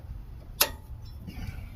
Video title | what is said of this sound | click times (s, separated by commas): 09-14 F150 mod powerstop brakes | You heard it click. It's down. It's secure. | 0.6 s